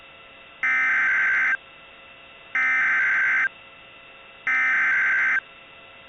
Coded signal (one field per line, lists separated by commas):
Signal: Emergency Alert System (SAME) tones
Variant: header bursts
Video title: EAS Scenario - Diablo Canyon